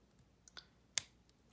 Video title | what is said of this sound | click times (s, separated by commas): Using Dry Erase Board | snap all right so when you're all done | 1.0 s